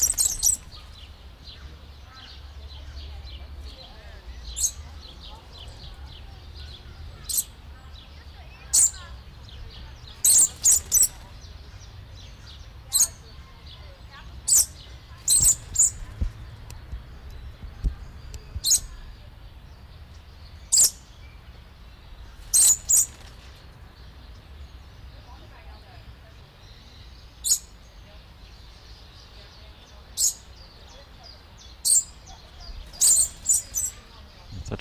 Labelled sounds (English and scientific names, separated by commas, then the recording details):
Papuan Lorikeet (Charmosyna papou) call
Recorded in captivity
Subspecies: stellae
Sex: pair
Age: adult
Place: Zoo Halle, Sachsen-Anhalt, DE
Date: 1998-04-16 16:03
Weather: bedeckt, ca. 12°C
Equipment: Sony MD-WM MZ-R3, Sennheiser MKH 416 T, Kopie Uher 4000 Report Monitor
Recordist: Tembrock, Günter